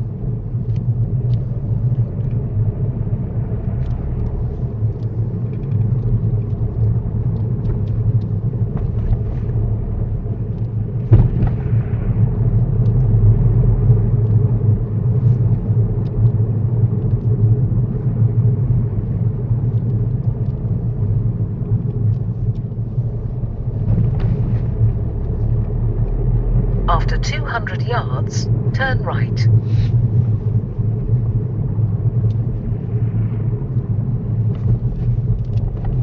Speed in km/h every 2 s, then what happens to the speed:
27, 32, 31, 29, 32, 34, 37, 37, 31, 29, 26, 27, 37, 37, 34, 31, 26, 27.
0-14 speeds up to 37. 14-19 slows to 26. 22-24 speeds up to 37. 24-32 slows to 26.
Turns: none.